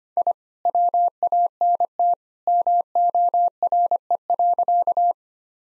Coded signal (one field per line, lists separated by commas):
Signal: Morse code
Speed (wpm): 25 wpm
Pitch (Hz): 700 Hz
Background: none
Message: I WANT MORE.